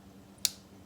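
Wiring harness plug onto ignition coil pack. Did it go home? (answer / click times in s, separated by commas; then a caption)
yes / 0.5 s. An electrical wiring harness plug is pushed onto an ignition coil pack until its locking tab engages. A single sharp, bright click sounds at 0.5 s over a faint low background hum. The connector is seated and good to go.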